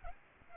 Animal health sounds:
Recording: mosquito wingbeat signal from an infrared sensor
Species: Aedes albopictus

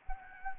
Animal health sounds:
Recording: mosquito wingbeat signal from an infrared sensor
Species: Anopheles gambiae

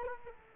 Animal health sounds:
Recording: mosquito wingbeat signal from an infrared sensor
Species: Culex quinquefasciatus

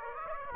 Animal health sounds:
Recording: mosquito wingbeat signal from an infrared sensor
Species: Aedes aegypti

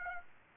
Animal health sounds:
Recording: mosquito wingbeat signal from an infrared sensor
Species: Aedes aegypti

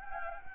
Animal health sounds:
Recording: mosquito wingbeat signal from an infrared sensor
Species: Anopheles gambiae

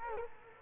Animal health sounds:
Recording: mosquito wingbeat signal from an infrared sensor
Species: Culex quinquefasciatus

